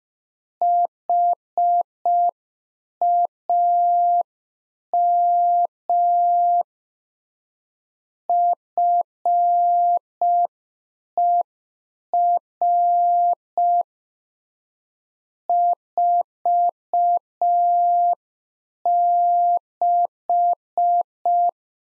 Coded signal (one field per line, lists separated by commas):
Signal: Morse code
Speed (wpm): 5 wpm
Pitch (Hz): 700 Hz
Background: none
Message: HAM FER 46